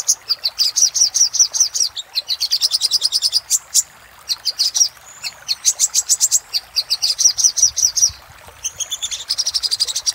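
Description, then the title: Little spiderhunter song, fast high trilled runs of chip notes alternating with brief gaps, one short whistled note in the middle. Used for training cage birds. "Sogok Ontong Labaik"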